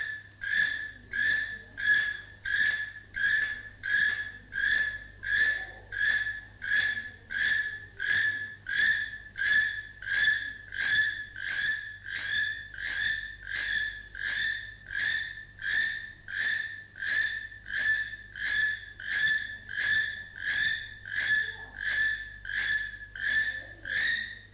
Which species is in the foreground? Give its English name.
Keel-billed Toucan